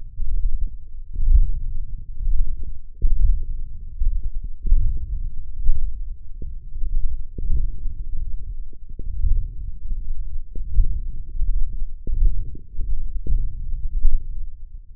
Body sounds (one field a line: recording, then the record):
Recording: forearm muscle sounds (acoustic myography)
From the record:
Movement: wrist extension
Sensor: system 1, eight BSWA MPA416 microphones around the upper forearm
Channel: 6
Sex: male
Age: 21 years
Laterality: right